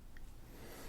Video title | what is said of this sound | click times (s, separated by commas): Quick Clip: Converting MagSafe 1 to MagSafe 3 | You can hear a satisfying click when connected and see a green light come on indicating the MacBook is fully charged. | 0.2 s